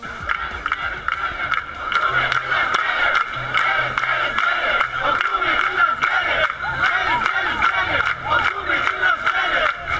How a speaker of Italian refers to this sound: I suoni che sentite sono quelli di due giorni di dure proteste. La capitale libanese ha vissuto un weekend ad alta tensione, tutto è nato per proteste derivanti dal mancato smaltimento dei rifiuti urbani